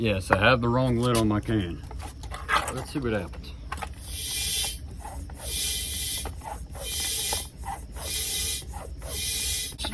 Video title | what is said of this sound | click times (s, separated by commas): My First BarnFind Revival ! | It's just not seated quite yet. | none